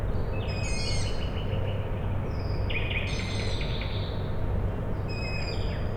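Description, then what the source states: Owl chicks give several thin, harmonic squeaks in bursts, with a constant low drone beneath. Owl chicks calling at night, Tuesday 21 May 2019, Michałkowice, Siemianowice Śląskie, Poland; industrial plant in background; Zoom H5, Audio-Technica BP4025.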